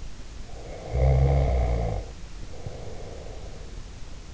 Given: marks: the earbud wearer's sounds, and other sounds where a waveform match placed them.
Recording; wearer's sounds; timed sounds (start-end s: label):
sounds in sleep by an in-ear microphone; snoring breath
0.44-3.90 s: snoring breath